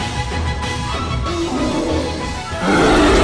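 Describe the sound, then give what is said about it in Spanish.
A deep, rumbling roar from a hungry bear rolls on for about three seconds, growing louder and harsher toward the end, with no voices over it. “Es un oso y tiene hambre.”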